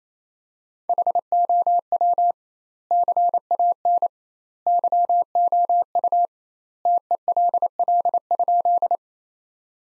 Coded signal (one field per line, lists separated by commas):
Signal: Morse code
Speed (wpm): 28 wpm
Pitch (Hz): 700 Hz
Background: none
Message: HOW CAN YOU TELL?